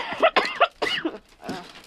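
An adult gives a rapid run of about four harsh, partly voiced coughs in under two seconds while smoking cannabis, each a loud explosive burst. The coughs are closely spaced and unrestrained, and the last is weaker and trails off.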